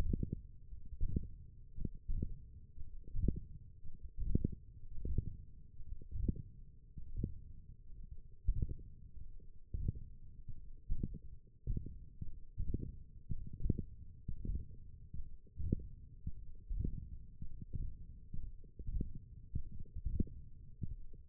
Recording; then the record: forearm muscle sounds (acoustic myography)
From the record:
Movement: index flexion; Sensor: system 1, eight BSWA MPA416 microphones around the upper forearm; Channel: 2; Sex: male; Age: 23 years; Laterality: right